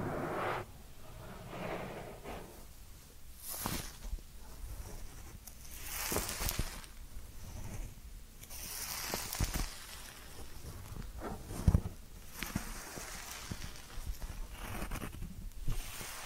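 Ear cleaning sounds: irregular scratchy rustles and soft brushing swells, with brief crackly bursts every few seconds and a sharp tap near twelve seconds.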